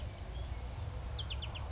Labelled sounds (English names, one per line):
California Towhee